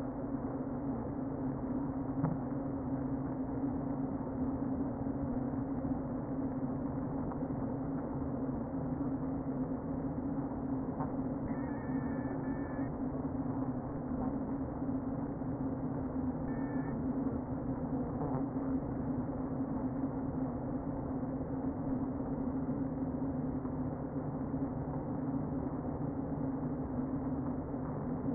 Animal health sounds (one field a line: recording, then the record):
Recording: honeybee colony, microphone inside the hive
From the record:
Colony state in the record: queen present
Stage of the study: before two queens were removed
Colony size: about 60,000 bees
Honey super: yes